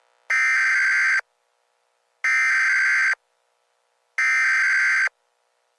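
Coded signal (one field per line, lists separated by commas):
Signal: Emergency Alert System (SAME) tones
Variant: header bursts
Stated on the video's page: Valid EAS tones in a fictional analog horror scenario.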